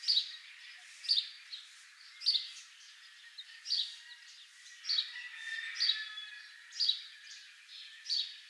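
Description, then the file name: House sparrow chirps repeated about once a second over a steady background hiss. "Passer domesticus"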